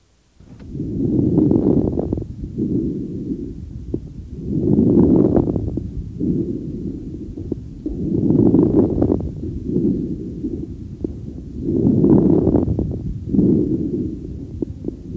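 Adult lungs by stethoscope. Late inspiratory crackles, which arise in the peripheral airways and may occasionally come with an end-inspiratory wheeze. They are characteristic of restrictive pulmonary disease, heard in interstitial fibrosis, asbestosis, pneumonia, pulmonary congestion of heart failure, pulmonary sarcoidosis, scleroderma and rheumatoid lung.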